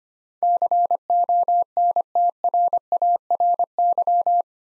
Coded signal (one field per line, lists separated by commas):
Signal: Morse code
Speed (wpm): 25 wpm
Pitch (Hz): 700 Hz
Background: none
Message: CONTRARY